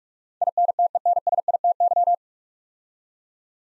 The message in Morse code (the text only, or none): INTENSITY